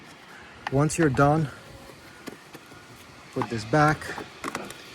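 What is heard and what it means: A plastic brake fluid reservoir cap is handled while being put back onto the brake fluid reservoir of a 2006-2016 Honda Civic. Someone talks, and a few faint handling taps and ticks are heard. The cap has not yet been screwed on or clicked tight, so nothing has seated yet.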